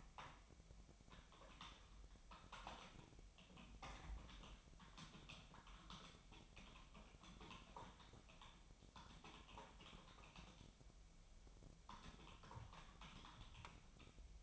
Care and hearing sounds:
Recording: daily activity, microphone in the room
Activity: typing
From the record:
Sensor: 1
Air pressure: 1009.5 hPa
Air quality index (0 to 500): 195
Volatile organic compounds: 19 ppm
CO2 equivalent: 2668 ppm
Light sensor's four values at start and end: 30/76/32/38 and 30/76/32/38

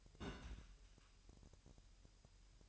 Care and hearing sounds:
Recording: daily activity, microphone in the room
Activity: place on stove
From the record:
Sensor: 2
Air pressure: 1001.9 hPa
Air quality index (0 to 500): 249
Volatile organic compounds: 37 ppm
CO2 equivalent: 3091 ppm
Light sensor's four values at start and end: 5/11/4/5 and 5/11/4/5

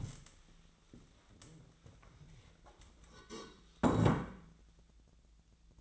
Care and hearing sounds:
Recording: daily activity, microphone in the room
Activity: stand up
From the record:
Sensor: 3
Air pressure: 1000.4 hPa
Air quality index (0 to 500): 171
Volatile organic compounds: 3 ppm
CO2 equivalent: 1488 ppm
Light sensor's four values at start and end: 14/32/14/14 and 13/31/13/14

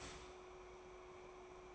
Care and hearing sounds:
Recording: daily activity, microphone in the room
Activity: start toaster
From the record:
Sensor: 1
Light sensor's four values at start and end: 3/8/3/3 and 3/8/3/3

